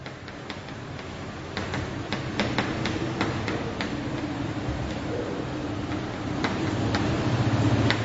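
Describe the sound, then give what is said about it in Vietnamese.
A clock ticks steadily in a string of sharp, dry clicks, some slightly louder than others, over a low continuous hum with no one speaking. “đồng hồ này hết pin nè.”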